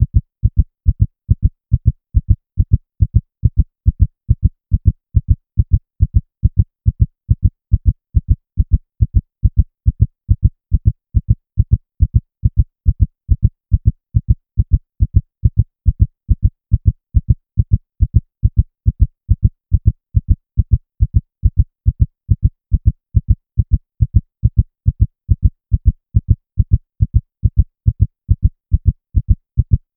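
Steady, low, thumping heartbeats repeat at 140 beats per minute, with even spacing and no background noise. The rhythm is regular and fast, in the tachycardic range. This is a sound effect.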